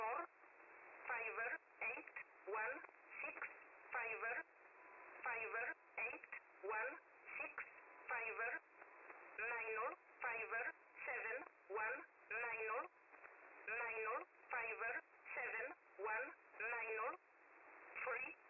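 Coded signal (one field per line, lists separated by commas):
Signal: numbers station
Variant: E11, English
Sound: single voice reading short words at a steady, evenly spaced pace over radio hiss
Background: radio static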